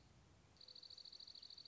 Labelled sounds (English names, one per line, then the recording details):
Dark-eyed Junco
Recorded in Sonoma County, California